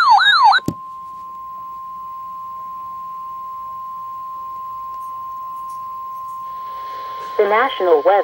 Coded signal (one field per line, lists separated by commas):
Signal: Emergency Alert System (SAME) tones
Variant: 1050 Hz attention tone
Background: speech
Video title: REAL EAS ALERT #6 (plus one more I didn't even count)